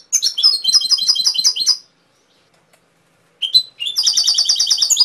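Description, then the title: Canary song: two bursts of rapid, high, buzzy trills with chirped notes, separated by about one and a half seconds of silence. Canary training (masteran) song with full isian content. "mster Mnuk. Masteran Kenari Full Isian"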